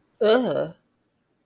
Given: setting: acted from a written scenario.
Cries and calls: vocal sound without words; disgust

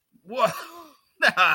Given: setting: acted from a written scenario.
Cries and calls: vocal sound without words; positive surprise

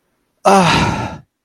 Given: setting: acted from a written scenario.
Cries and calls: vocal sound without words; disappointment

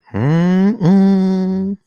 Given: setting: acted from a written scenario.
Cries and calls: vocal sound without words; ecstasy

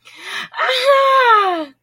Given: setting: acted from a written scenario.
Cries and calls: vocal sound without words; positive surprise

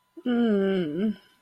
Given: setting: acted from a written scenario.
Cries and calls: vocal sound without words; disappointment

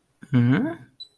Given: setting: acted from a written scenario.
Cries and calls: vocal sound without words; confusion

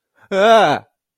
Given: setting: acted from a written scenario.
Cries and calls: vocal sound without words; fear

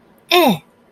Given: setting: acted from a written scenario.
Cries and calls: vocal sound without words; negative surprise

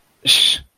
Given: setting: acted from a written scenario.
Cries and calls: vocal sound without words; disappointment

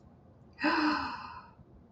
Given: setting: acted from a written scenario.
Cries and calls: vocal sound without words; awe

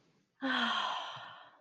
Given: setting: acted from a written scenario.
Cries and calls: vocal sound without words; guilt

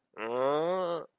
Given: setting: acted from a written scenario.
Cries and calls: vocal sound without words; embarrassment

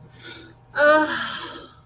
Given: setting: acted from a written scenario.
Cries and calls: vocal sound without words; ecstasy

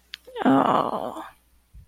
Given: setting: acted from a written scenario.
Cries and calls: vocal sound without words; shame

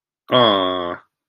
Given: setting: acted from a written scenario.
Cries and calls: vocal sound without words; adoration

